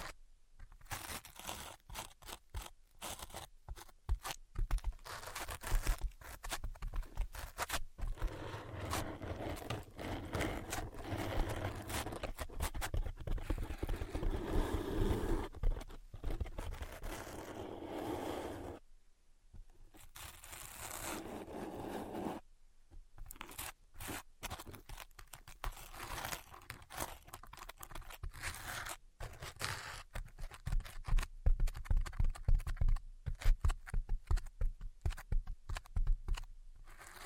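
Invisible tapping and scratching: dense, rapid scratchy rustling with crinkly textures runs for most of the clip, interrupted by brief silences near 19 and 23 seconds. After these pauses the sounds become sparser and more clipped, with quick taps and short scrapes.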